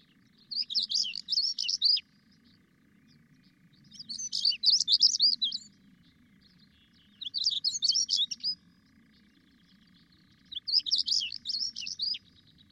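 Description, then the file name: European stonechat giving short, scratchy warbled phrases, four bursts each lasting about a second and a half, separated by pauses, over a faint low drone. "Tarier patre"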